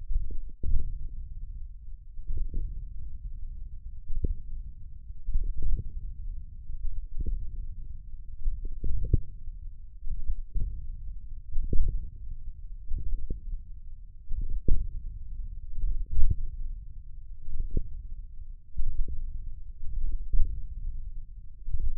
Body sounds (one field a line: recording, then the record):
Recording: forearm muscle sounds (acoustic myography)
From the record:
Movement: wrist extension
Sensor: system 1, eight BSWA MPA416 microphones around the upper forearm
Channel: 6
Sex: male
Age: 28 years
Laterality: right